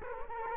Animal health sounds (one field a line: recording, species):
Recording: mosquito wingbeat signal from an infrared sensor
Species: Culex quinquefasciatus